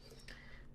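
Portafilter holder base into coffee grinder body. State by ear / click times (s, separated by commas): seated / 0.3 s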